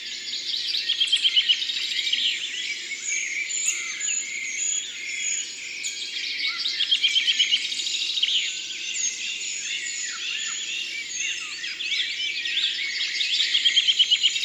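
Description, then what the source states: Common chaffinch song, a short trilled phrase repeated roughly every six seconds, set within a dense, continuous chorus of many other songbirds. Recorded in Drôme, France.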